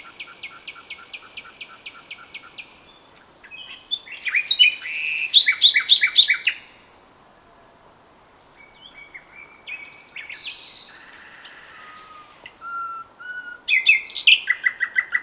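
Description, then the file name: Common nightingale song: a long even run of repeated notes, bright chattering phrases, a quiet gap, soft notes, then a final rapid loud series. "Luscinia megarhynchos"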